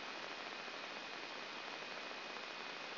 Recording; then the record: brain microelectrode recording played as sound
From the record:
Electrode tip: outside the subthalamic nucleus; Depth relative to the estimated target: -3 mm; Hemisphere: right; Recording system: AlphaMap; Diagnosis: Parkinson's disease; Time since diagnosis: 12 years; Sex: female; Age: 47 years